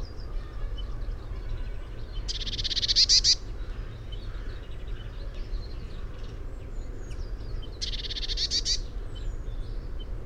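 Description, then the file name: Eurasian blue tit giving two harsh, buzzy churring bursts about five seconds apart, over steady low-pitched background rumble with faint bird notes. "Cyanistes caeruleus"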